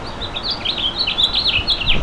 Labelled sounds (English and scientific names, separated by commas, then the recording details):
House Finch (Haemorhous mexicanus) song
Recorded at Merrick on Long Island, New York, on 17 May 2013
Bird B